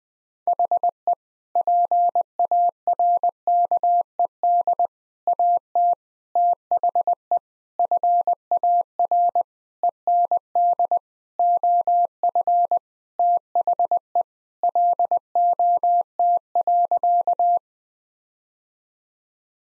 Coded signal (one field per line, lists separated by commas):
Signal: Morse code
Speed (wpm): 20 wpm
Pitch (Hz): 700 Hz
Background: none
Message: HE PARKED AT THE FAR END OF THE LOT.